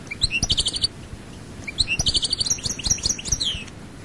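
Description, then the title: European goldfinch song of two phrases, each opening with a rising chip and running into quick jingling trills, the second longer and ending in a downslur. "Chant Chardonneret"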